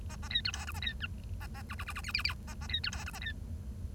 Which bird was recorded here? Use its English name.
Bengalese Finch